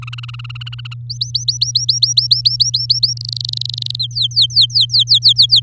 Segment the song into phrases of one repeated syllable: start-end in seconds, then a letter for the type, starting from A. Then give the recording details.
0.02-0.94 A, 1.09-3.13 B, 3.17-3.96 C, 3.99-5.60 D. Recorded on 9 May 2018 at 06:02. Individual llb16